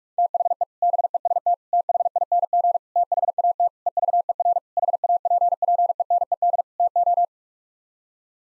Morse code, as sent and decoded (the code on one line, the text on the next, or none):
- .... . / -... . ... - / - .... .. -. --. / - .... .- - / . ...- . .-. / .... .- .--. .--. . -. . -.. / - ---
THE BEST THING THAT EVER HAPPENED TO